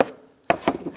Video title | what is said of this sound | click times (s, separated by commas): How to Replace Coolant Crossover Pipe 2011-2021 Jeep Grand Cherokee | and push that on you're going to feel it and hear it click into place | 0.5 s